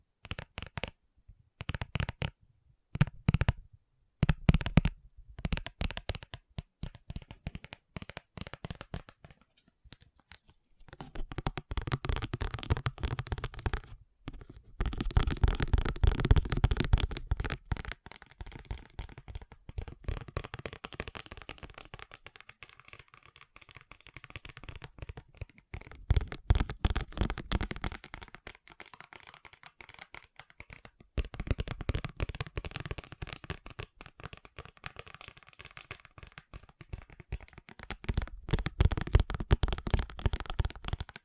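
Fast tapping in dense, rapid bursts of sharp clicks, like fingertips drumming on a hard surface. The taps come in clusters with short pauses between them, the early seconds choppier and the rest more continuous. A low thumping body sits under the bright clicks in the louder stretches.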